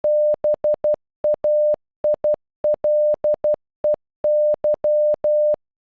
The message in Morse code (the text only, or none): BAILEY